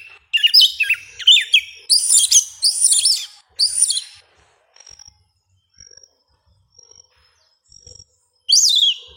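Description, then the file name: Yellow-legged thrush singing bursts of fast, slurred, high warbling phrases for about four seconds, then a pause with faint thin whistles, then another sharp high phrase. "Canto do sabia una"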